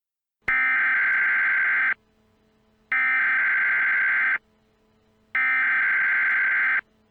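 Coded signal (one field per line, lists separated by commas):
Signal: Emergency Alert System (SAME) tones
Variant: header bursts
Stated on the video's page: Fictional SCP-themed EAS mock alert.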